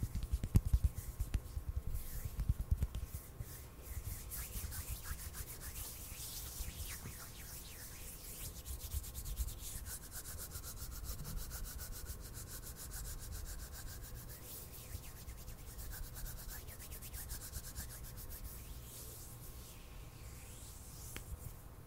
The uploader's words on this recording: ASMR HAND SOUNDS NO TALKING,INTENSE HAND SOUNDS ASMR NO TALKING. ASMR HAND MOVEMENTS.